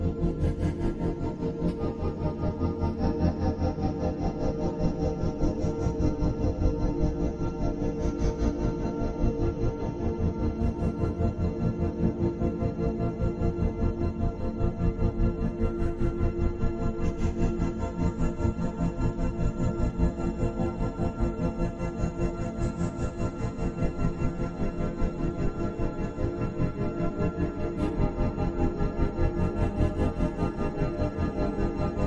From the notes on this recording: Isochronic tones are rhythmic beats or pulses of sound